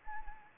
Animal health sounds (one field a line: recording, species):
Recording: mosquito wingbeat signal from an infrared sensor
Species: Anopheles arabiensis